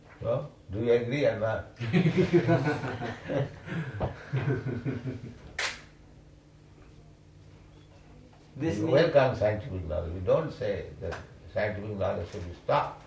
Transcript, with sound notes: So? Do you agree or not? [laughter] We welcome scientific knowledge. We don't say that scientific knowledge should be stopped,